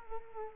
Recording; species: mosquito wingbeat signal from an infrared sensor; Culex quinquefasciatus